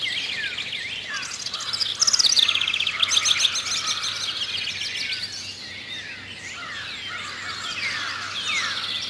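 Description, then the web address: Bird calls: a busy mix of high chirps and trills, loudest around two seconds in, then softer twittering over a steady faint hiss. "Peterson North American Birds. haur"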